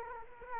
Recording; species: mosquito wingbeat signal from an infrared sensor; Culex quinquefasciatus